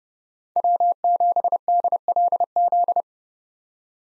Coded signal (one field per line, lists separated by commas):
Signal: Morse code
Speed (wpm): 30 wpm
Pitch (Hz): 700 Hz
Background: none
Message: W7DLZ